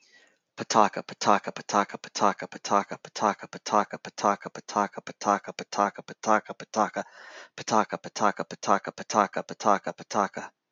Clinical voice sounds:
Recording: repeated syllables /pa ta ka/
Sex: male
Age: 50 to 59 years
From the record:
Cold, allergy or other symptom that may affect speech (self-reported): no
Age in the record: 57 years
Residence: Florida, United States

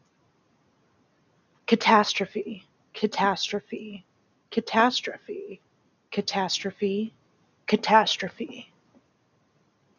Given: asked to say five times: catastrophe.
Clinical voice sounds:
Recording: repeated word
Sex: female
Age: 30 to 39 years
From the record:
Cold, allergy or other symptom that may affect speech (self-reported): no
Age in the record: 38 years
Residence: Nevada, United States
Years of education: 12

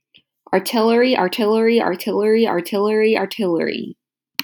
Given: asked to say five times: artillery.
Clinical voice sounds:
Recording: repeated word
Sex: male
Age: 18 to 19 years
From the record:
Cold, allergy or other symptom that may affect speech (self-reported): no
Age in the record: 19 years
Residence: United States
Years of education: 13

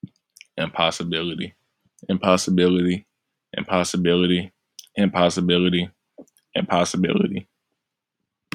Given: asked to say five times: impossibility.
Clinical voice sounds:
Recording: repeated word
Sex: male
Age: 20 to 29 years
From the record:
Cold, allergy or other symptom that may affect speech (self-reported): no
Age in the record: 22 years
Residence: Alabama, United States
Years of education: 16

